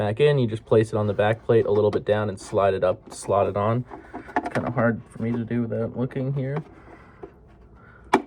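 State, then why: Seated. A battery compartment cover is slid down onto the back plate of a 3D-printed cosplay helmet and pushed up until it locks into place. Someone talks through most of the clip, then there is quiet handling before a sharp click at 8.1 s as the cover seats on the back plate.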